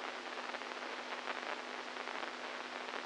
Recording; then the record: brain microelectrode recording played as sound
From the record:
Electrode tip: inside the subthalamic nucleus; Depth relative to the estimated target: -4 mm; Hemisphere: right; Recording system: NeuroSet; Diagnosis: Parkinson's disease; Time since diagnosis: 10 years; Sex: male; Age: 65 years